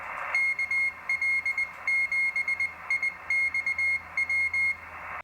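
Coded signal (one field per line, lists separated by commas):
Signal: Morse code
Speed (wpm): 20 wpm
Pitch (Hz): 2150 Hz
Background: none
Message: KL7IXW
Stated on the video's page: Morse received on 40 m, 7.018 and 7.058 MHz, with a Drake TR-4C transceiver on a homemade speaker-wire dipole.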